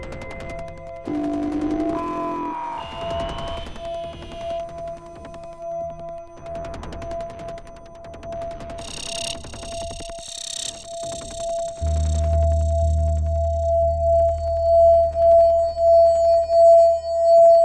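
An experimental electronic piece with a steady high drone tone running throughout. Early on, sliding synth tones rise in pitch over clicking bursts; near nine seconds a bright hissing shimmer enters, and from twelve seconds a deep pulsing low rumble swells underneath.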